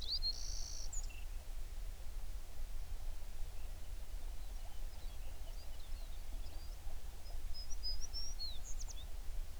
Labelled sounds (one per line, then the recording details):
songbird
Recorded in the Prudhoe Bay oil fields, Alaska, on 11 June 2019 at 04:46
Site 21